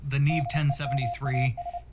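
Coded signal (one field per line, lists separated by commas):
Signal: Morse code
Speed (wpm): 30 wpm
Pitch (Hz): 700 Hz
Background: speech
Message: DEMAS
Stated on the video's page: Morse audio on a 33.7 kHz AM signal received over an IP stream, demodulated by a homebrew Rohde's AM detector receiver, played through a class D amplifier.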